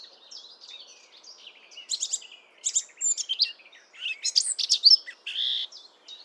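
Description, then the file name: Eurasian blackcap song: soft rambling twitter building into louder bursts of fast, mixed whistles and chattering notes, in several phrases with short pauses between. "Sylvia atricapilla"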